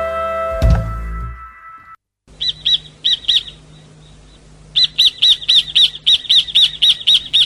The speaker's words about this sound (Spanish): Escúchelo. Precioso pajarito. ¿Lo sabe cuál es?